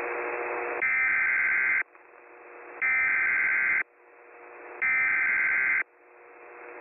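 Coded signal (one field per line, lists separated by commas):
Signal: Emergency Alert System (SAME) tones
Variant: header bursts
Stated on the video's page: Real tornado and severe weather alerts for Middle Tennessee, including a Tornado Emergency, during a live outbreak.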